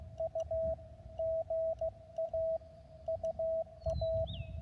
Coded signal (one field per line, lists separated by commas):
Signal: Morse code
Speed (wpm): 16 wpm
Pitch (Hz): 650 Hz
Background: radio noise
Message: U GA UA